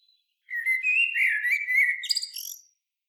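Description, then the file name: Common blackbird sings one short phrase: a low, mellow warbled whistle that ends in a high, squeaky twitter, with silence before and after. "Turdus merula"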